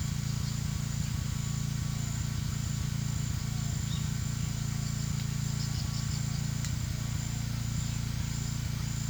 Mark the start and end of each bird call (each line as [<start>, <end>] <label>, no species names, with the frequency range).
[3.81, 4.09] bird call (2.5-4.7 kHz)
[4.93, 6.50] bird call (3.7-6.0 kHz)